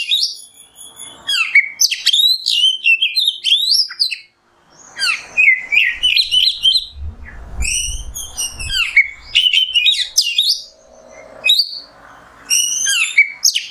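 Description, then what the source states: Oriental magpie-robin song: dense, varied phrases of piercing whistles, rapid chirps and buzzy trills, with one short silent break partway. Kacer singing in the 'nembak' song style, on a 'masteran' recording.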